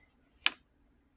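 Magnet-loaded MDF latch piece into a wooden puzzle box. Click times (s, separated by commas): 0.5 s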